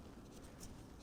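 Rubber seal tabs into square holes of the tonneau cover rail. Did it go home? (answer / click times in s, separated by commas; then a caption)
no / none. An installer handles the rubber seal of a RealTruck FlushFit retractable tonneau cover on a 2025 RAM 1500, working its tabs toward the two square holes in the cover's rail. Only low, steady rustling and handling noise is heard, with no sharp hits. Nothing has seated or clicked yet.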